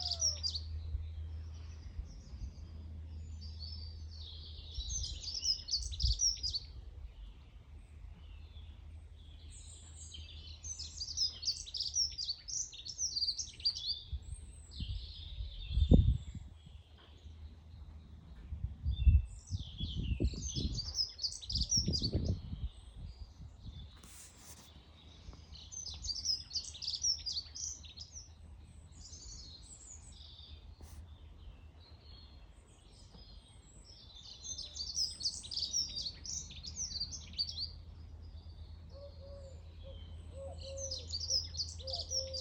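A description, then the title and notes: Morning birds sing in repeated bright, twittering bursts high in pitch, each lasting a few seconds with short pauses between. A steady low hum runs underneath throughout, and a few dull low thumps occur around the middle, near 15 to 23 seconds. Morning bird singing. The sounds of the morning birds.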